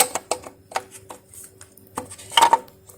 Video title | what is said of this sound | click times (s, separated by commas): XKR ENGINE COOLANT PIPES REPLACEMENT | and hey presto, it pops into place relatively easily. | 2.4 s